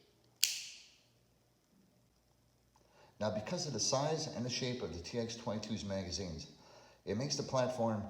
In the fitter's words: slide on the baseplate and make sure you hear the click and CNN engage now